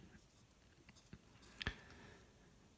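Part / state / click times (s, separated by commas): ribbon cable connector into drone gimbal board / seated / 1.6 s, 1.7 s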